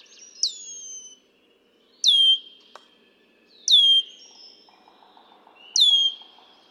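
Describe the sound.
Red-winged blackbird whistle: clear, sharply descending slurred notes, four times at roughly one-and-a-half-second intervals, with faint low chatter in the background.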